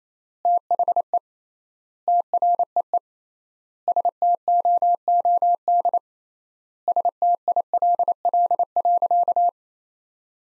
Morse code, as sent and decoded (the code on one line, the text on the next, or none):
- .... . / - .-. . . / ... - --- --- -.. / ... - .. .-.. .-.. .-.-.-
THE TREE STOOD STILL.